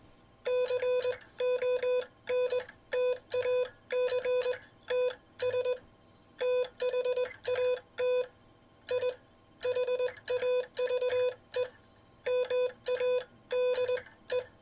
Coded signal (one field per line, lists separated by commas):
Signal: Morse code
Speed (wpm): 20 wpm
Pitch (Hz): 500 Hz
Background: none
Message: CONTACTS THAT I HAVE MADE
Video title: Ships That Pass #Morse code #Vibroplex